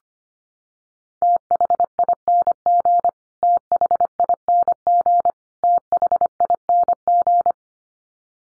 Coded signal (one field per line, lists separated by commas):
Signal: Morse code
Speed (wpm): 25 wpm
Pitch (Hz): 700 Hz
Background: none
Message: THING THING THING